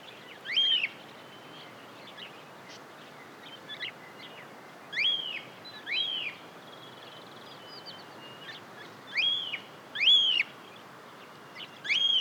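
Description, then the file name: Cockatiel calling repeatedly with arched, screechy whistles at irregular intervals, some paired, with softer chirps in between. "Cockatiel Nymphicus hollandicus"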